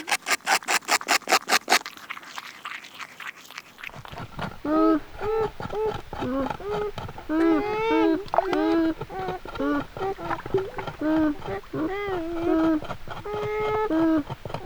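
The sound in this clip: Beaver whines. A run of rapid clicks comes first, then a long sequence of nasal, quavering cries with bending pitch, repeated in uneven bursts.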